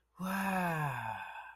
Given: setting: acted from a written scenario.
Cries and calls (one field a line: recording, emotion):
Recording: vocal sound without words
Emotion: serenity